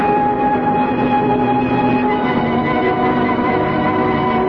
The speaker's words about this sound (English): The train started up. It's all right, I don't want to go to Rome anyway. I want to stay right here on this train and go wherever it's going.